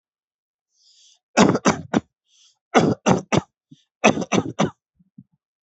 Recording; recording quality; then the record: shallow voluntary cough; excellent, no background noise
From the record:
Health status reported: healthy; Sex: male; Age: 32 years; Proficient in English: yes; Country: India